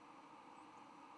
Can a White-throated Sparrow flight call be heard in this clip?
no